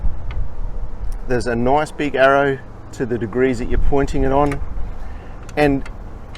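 A miter saw's table is being handled, its metal detent stop meant to click into the saw base at a preset degree, while someone talks. A few brief faint ticks are heard under the speech, and nothing has seated or clicked into place yet.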